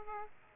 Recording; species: mosquito wingbeat signal from an infrared sensor; Aedes aegypti